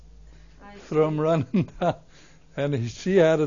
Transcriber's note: he laughs